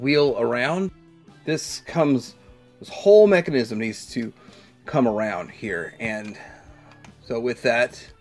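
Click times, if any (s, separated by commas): none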